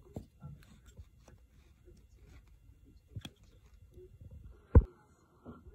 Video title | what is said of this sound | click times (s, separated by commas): Citroen C1 Hazard Light Switch Free Repair, No New Parts. Aygo/107/CityBug | I had to push that quite hard to get it in. It sort of snapped into place. | 3.2 s, 4.8 s